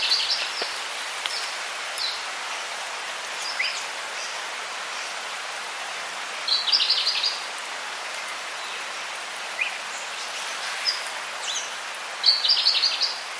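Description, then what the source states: Forty-spotted Pardalote calls, a few short high bursts, over steady rain noise throughout. Single bird perched in a tree on a rainy, windy day, South Bruny Island, Tasmania, Australia; recording by Barry Edmondson.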